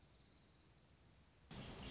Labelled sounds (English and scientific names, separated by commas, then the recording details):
Dark-eyed Junco (Junco hyemalis)
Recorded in Sonoma County, California